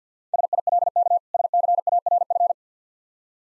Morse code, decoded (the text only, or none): SILK SCARF